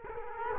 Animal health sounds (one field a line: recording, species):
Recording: mosquito wingbeat signal from an infrared sensor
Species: Culex quinquefasciatus